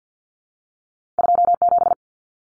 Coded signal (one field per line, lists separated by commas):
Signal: Morse code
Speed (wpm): 50 wpm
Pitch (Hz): 700 Hz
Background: none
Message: 27